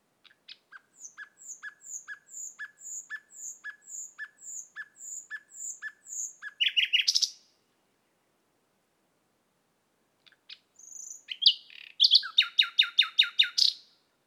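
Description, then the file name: Common nightingale song with a long even series of clicking double notes, a loud rattled burst, a pause, then soft notes leading into a fast repeated volley. "Luscinia megarhynchos"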